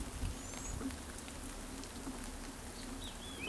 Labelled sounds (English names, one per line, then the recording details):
Palm Tanager
Great Kiskadee
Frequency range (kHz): Palm Tanager 5.5-7.9 kHz; Great Kiskadee 2.6-5.1 kHz
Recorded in pastures near Pivijay, Magdalena, Colombia, on 1 June 2023 at 16:00
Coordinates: 10.456, -74.369
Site P6-G026